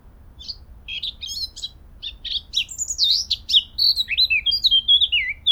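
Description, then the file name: Eurasian blackcap song opening with soft twittering, growing louder and more varied, and finishing with a string of clear, descending whistled notes. "Sylvia atricapilla"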